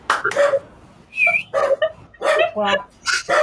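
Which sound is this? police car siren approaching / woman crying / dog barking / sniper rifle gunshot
dog barking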